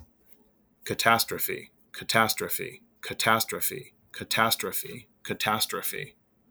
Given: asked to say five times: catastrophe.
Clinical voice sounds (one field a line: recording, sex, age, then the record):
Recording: repeated word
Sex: male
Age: 40 to 49 years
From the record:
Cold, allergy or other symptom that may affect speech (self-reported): no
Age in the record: 46 years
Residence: North Carolina, United States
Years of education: 14